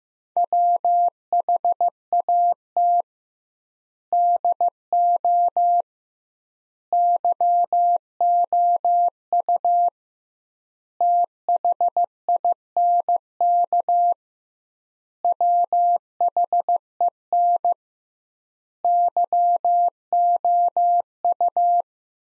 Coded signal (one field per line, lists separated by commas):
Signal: Morse code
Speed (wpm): 15 wpm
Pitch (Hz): 700 Hz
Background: none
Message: WHAT DO YOU THINK WHEN YOU